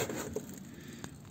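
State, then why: Seated. On a Jaguar XJ40 during a fuel pump replacement, the large fuel tank hose, which had popped off its fitting under pressure, is pushed back onto its fitting on the fuel tank. A few faint scraping ticks are followed by a sharp click at 1.0 s as the hose clips into place. The hose is seated on the tank fitting.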